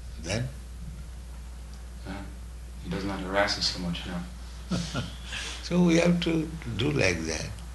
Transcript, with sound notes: Then? Now he does not harass us so much now. [chuckles] So we have to do like that.